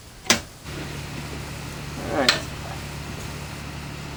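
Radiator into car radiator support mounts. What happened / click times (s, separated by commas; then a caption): The radiator dropped into its mounts / 0.3 s, 2.3 s. An aftermarket aluminium radiator with its fan assembly is lowered into the radiator support of a 240SX S14 and pressed down into its mounts, giving two sharp hits at 0.3 s and 2.3 s over a steady low hum that starts around 0.7 s. The radiator seats in its mounts.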